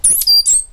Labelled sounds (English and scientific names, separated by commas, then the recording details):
Stitchbird (Notiomystis cincta) song
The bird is a male
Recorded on Tiritiri Matangi Island, New Zealand, in 2005
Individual 8, of nest box 10